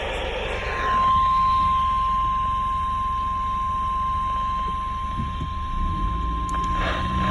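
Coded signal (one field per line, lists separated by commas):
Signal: Emergency Alert System (SAME) tones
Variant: 1050 Hz attention tone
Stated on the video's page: Required weekly test received from the Honolulu weather radio station on Oahu.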